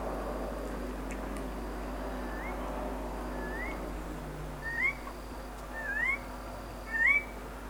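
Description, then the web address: Tiger parrot calls: a series of short, rising whistled notes about once a second, growing louder toward the end, over a steady low background hum. "parrots psittacella"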